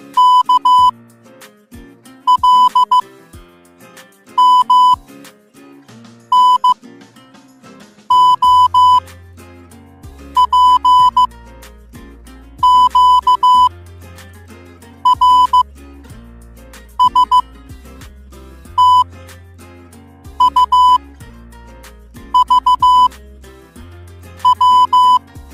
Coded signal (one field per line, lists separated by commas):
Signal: Morse code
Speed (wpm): 15 wpm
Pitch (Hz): 1000 Hz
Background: music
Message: K L M N O P Q R S T U V W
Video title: MORSE CODE WITH SOUND EFFECTS